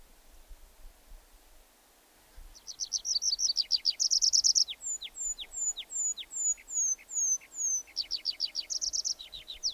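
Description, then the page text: Tree pipit song starts after a quiet pause: fast high trills, then a steady row of descending sweeping notes, and another rapid trill followed by a few more sweeping notes. "Звуки птиц - Лесной конек"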